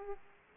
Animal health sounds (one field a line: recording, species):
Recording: mosquito wingbeat signal from an infrared sensor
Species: Aedes aegypti